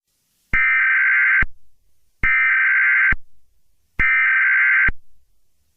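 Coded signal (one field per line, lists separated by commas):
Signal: Emergency Alert System (SAME) tones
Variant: header bursts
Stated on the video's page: Fictional EAS scenario.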